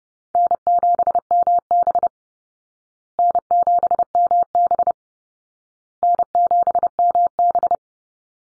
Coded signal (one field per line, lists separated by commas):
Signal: Morse code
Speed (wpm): 30 wpm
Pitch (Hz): 700 Hz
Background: none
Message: N7MB N7MB N7MB